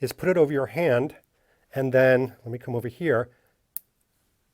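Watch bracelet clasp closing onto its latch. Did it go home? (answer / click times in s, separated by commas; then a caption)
yes / 3.8 s. Someone talks while an Omega No Time To Die watch is put over a hand, then the bracelet's folding clasp is pushed closed onto its latch. A single sharp click at 3.8 s marks the clasp snapping shut and seating, followed by silence.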